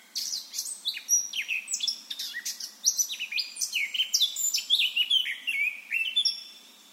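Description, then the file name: Eurasian blackcap singing a continuous, rapid warble of varied chirps, trills and short whistled slurs. "Sylvia atricapilla"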